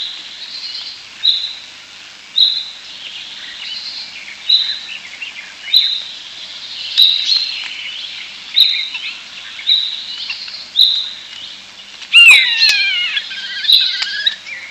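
European starling song: a short squeaky note repeated about every second over soft chattering, then a sudden burst of loud clicks and whistles near the end.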